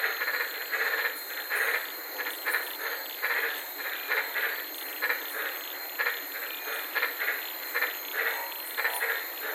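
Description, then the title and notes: White-lipped tree frogs bark in short, punchy notes repeated throughout, over a steady high hiss. Several frogs recorded at night from inside a car in the Daintree rainforest, Queensland, Australia. "White Lipped Frog Podcast. I was sitting in my car in the Daintree rainforest in Queensland this night and fell asleep listening to these amazing White lipped frogs"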